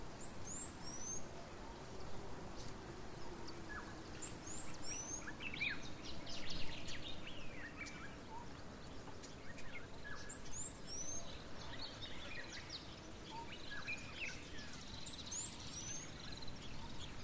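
African bush wildlife sounds, with a steady low rush of wind filling the whole clip. High, bright bird chirps come in short bursts about every five seconds, near 0, 4.5, 10.5 and 15 seconds, with softer scattered calls and twitters between them.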